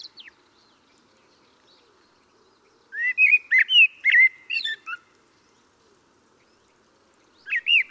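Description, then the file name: Common blackbird singing: the tail of a phrase at the start, then a warbled phrase of looping notes with thin high tails after a quiet stretch; another phrase begins at the end. "Turdus merula"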